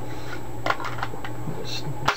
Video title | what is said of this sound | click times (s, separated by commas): What Holster to Buy? IWB Holsters | just sticking it in the holster, it locks in place. | 2.1 s